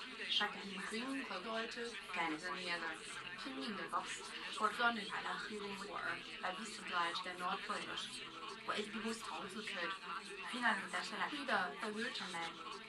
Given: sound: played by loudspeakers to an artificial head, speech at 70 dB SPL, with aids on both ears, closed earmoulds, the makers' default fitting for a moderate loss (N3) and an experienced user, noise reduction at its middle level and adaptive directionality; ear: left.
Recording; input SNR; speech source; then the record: speech test signal (ISTS) in cocktail-party noise; +6 dB; on the right (90 degrees)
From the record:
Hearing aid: class 1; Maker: E